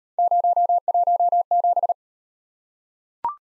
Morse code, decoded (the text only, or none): 017